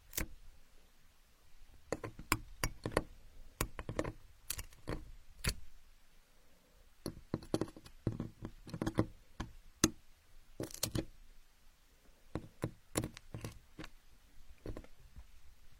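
Building blocks clack and knock together in irregular bursts, sharp bright taps scattered through the whole stretch, sometimes single, sometimes in quick clusters. Brief pauses fall around five to seven seconds and near eleven to twelve, over a faint low hum.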